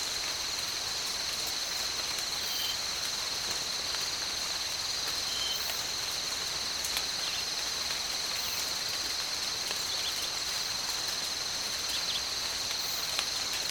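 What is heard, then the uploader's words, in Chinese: A tropical rainforest, filled with a steady, dense insect drone that holds one high, shrill pitch throughout. Beneath it runs a soft, even hiss with faint ticks and patters, and brief higher chirps or whistles surface every few seconds. 大自然的声音-热带雨林。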